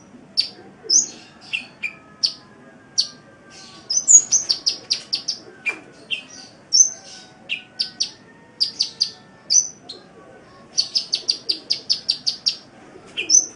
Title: Kicau Kacer